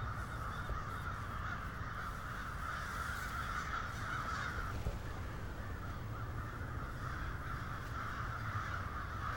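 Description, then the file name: Crows cawing in a dense, continuous chorus, many overlapping calls blending into a steady roar, with a low rumbling hum underneath throughout. "cinci crows"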